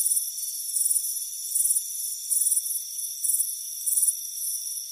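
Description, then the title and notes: Crickets chirping in high, pulsed bursts repeated at a steady pace over a steady high-pitched insect drone. Warm afternoon on a front porch. "Soothing Crickets Chirping Sound. It's a warm afternoon as you relax in a hammock on the front porch. Relax and fall asleep to the soothing sound of chirping crickets"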